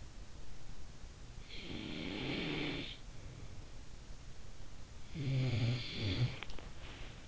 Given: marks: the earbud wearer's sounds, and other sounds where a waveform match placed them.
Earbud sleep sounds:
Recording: sounds in sleep by an in-ear microphone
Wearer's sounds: snoring breath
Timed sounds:
0.93-3.85 s: snoring breath
4.42-7.22 s: snoring breath

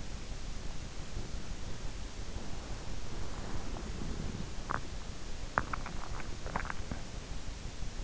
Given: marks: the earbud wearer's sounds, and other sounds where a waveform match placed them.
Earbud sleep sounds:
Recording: sounds in sleep by an in-ear microphone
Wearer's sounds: body movement, teeth grinding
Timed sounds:
2.29-4.66 s: body movement
4.64-7.20 s: teeth grinding

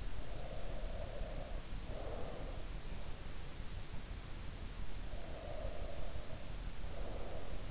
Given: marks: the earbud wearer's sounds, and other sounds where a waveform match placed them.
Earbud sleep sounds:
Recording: sounds in sleep by an in-ear microphone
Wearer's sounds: breath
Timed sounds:
0.23-2.86 s: breath
5.08-7.71 s: breath

